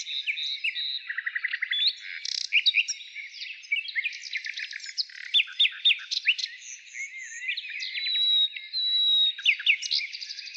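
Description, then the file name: Nightingale phrases: a low rapid trill early on, then scattered whistled notes, upward slurs and a long steady whistle near the end. Heard in the morning. "Utro i solovey"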